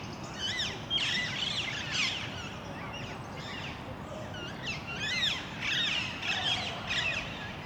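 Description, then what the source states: Parakeets screeching in a flock, harsh rising and falling squawks overlapping almost continuously, with a steady low background rumble. Parakeets in Parc Duden, Forest, Brussels, Belgium, recorded just before nightfall with Zoom MicTrak M4 internal XY microphones.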